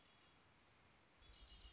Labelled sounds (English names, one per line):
Red-winged Blackbird